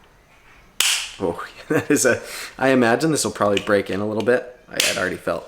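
A fixed-blade knife with a Micarta handle is pushed into its new sheath and seats with one sharp, loud snap at 0.8 s. Someone talks right after. The sheath's retention gives a positive click in and is expected to soften with break-in.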